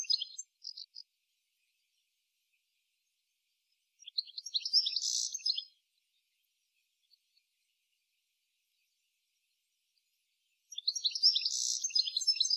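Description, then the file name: European goldfinch calls: a few short tinkling notes, then two fuller jangling, twittering bursts several seconds apart, with quiet in between. "Carduelis carduelis"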